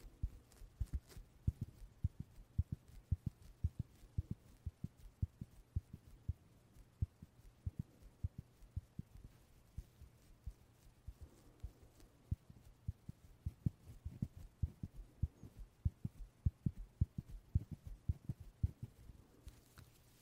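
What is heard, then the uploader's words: Soft, low puffs repeat quickly and unevenly across the whole stretch, several each second, with a few louder ones standing out. A steady low hum runs underneath throughout, and there is no voice. 말없이 퍼프 소리만, 가득 담아봤어요 puff sound no talking asmr.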